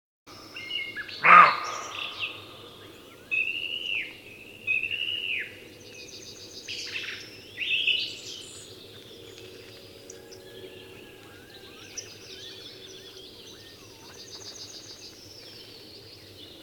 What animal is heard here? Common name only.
Western Roe Deer